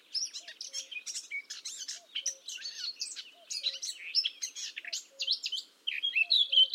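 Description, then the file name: Eurasian blackcap song: a busy, jumbled chattering warble, while a soft low double note repeats at regular intervals underneath. "Sylvia atricapilla"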